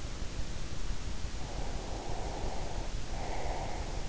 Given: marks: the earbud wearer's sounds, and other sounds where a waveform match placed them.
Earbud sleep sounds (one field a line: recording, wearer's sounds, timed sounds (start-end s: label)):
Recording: sounds in sleep by an in-ear microphone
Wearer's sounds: breath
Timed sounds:
1.39-4.07 s: breath